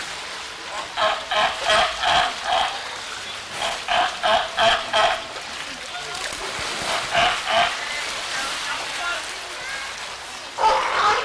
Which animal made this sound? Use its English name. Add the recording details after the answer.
California Sea Lion. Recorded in captivity. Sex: diverse. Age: adult. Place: Münchner Tierpark Hellabrunn, Bayern, DE. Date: 1993-09-20 14:44. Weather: 19 °C, heiter. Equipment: Marantz CP 430, Sennheiser MKH 416 T, Kopie Uher Variocord 263. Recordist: Tembrock, Günter. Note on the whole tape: Laute von Männchen und Weibchen bei der Fütterung